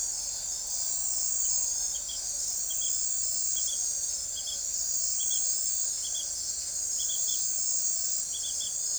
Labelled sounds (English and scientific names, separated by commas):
none